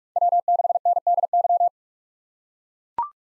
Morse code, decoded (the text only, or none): W6NDY